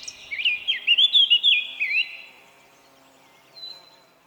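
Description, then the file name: Eurasian blackcap song: a short, loud, mellow whistled phrase mixed with scratchy notes, lasting about two seconds, then quiet with one faint later note. "Sylvia atricapilla"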